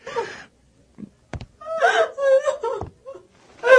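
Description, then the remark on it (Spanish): A woman who has locked herself in her bedroom sobs behind the door in broken, wavering bursts: quick gasping breaths between high, trembling wails and whimpers, rising and falling over a few seconds with short silent pauses. “Juan acercó el oído a la puerta y escuchó sollozos.”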